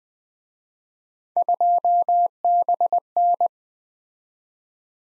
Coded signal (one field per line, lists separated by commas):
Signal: Morse code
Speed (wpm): 21 wpm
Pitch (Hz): 700 Hz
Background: none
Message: 2BN